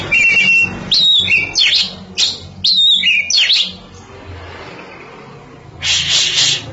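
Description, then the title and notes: Oriental magpie-robin song: loud, clear whistled phrases sliding between notes, delivered in short bursts with pauses, ending in a harsher buzzy burst. Champion songbird (kacer juara). "Kicau Burung Kacer Juara. Suara Kicauan Burung Kacer Juara"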